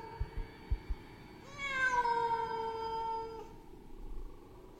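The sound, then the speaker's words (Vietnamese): In a deserted graveyard field, a cat gives a single long, drawn-out meow that rises and holds with a plaintive, slightly harsh edge tinged with anger, then fades, preceded by a few soft thumps against a low background hum. “Trong không gian vang lên âm thanh con mèo kêu đến não ruột.”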